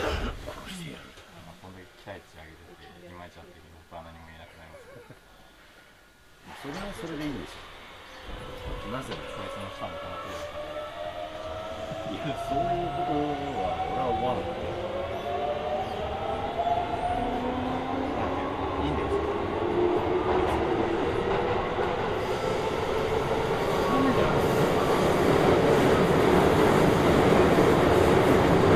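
A train ride from the Hokuso Railway onto the Toei Asakusa Line. A quiet opening with what sounds like a spoken announcement gives way around seven seconds to the train pulling away, its motor whine climbing in pitch as the rumble grows steadily louder.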